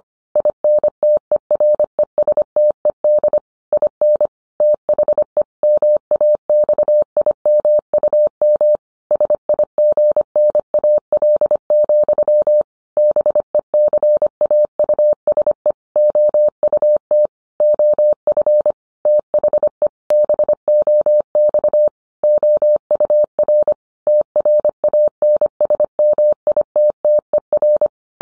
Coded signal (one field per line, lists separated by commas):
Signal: Morse code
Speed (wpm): 25 wpm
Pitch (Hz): 600 Hz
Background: none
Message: INTERESTED IN THE MAXIMUM SIGNAL, BECAUSE OUT OF THE BOX OUR TRANSMITTER